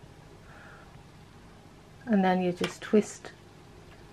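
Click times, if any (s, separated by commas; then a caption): none. The white index dots on a camera lens and an extension tube are lined up before the lens is twisted onto the tube's bayonet. Quiet handling noise is followed by someone talking from about 2.0 to 3.3 seconds. Nothing has seated or clicked yet.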